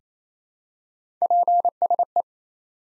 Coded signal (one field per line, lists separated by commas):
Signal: Morse code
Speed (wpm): 28 wpm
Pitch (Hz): 700 Hz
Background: none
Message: PSE